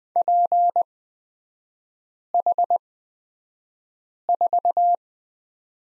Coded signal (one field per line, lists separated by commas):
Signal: Morse code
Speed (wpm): 20 wpm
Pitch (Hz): 700 Hz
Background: none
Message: PH4